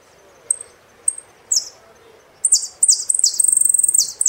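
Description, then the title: Saffron finch song: scattered thin high notes, then a burst of buzzy chirps and a long, fast, rattling high trill with dropping end notes. "Jilguero Argentino"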